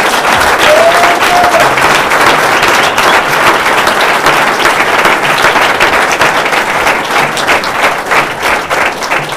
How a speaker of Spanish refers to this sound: démosle un fuerte aplauso a los compañeros que están.